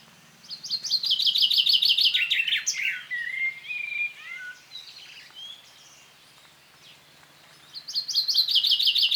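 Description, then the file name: Common chaffinch song: a bright descending trill of repeated notes ending in a flourish, followed by softer whistles, then the song starting again. "Fringilla coelebs"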